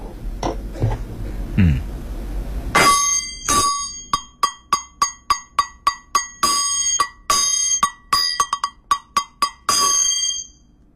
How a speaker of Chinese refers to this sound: 大家知道中国传统的戏曲啊， 嗯， 在国内啊应该有好几百种戏曲，所以我就选两种戏曲比较有代表性的，戏曲来这个锣用的锣来让大家猜一猜。